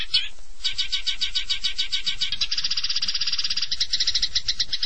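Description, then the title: Long-tailed shrike song: a quick rising note, then a pulsing rattled trill that shifts into a higher, denser buzzing trill. "Kicau Burung Pentet"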